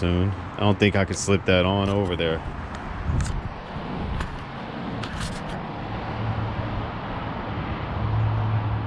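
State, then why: Not seated. Someone works plastic wire connectors into their mating plugs or terminals on aftermarket tachometer wiring under the dash of an LT1 Impala/Caprice. Someone talks at the start, then a steady low rumble continues with two brief sharp handling sounds near 4.2 s and 5.0 s. Nothing has seated or clicked yet.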